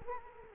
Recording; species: mosquito wingbeat signal from an infrared sensor; Culex quinquefasciatus